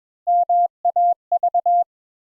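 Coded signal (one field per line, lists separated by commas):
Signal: Morse code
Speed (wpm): 21 wpm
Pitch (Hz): 700 Hz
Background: none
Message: MAV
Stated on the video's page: Morse code introductory lesson teaching the letters A and N.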